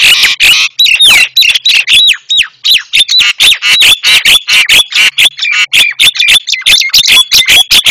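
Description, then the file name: Javan myna song: loud, continuous chattering with rapid harsh notes and repeated slurred whistles throughout. Training call for cage birds, white-eyed form. "masteran jalak kebo mata putih"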